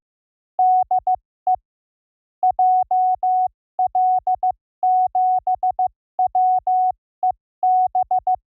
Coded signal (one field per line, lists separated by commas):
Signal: Morse code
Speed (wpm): 15 wpm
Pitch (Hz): 740 Hz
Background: none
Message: DE JL7WEB